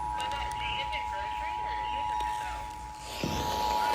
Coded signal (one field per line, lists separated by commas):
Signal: Emergency Alert System (SAME) tones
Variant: 853 and 960 Hz attention tone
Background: speech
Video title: WORKING NINE THROUGH ZCZC-WXR... Severe Weather EAS Alerts from August 26th, 2024 (EAS #1,429-1,471)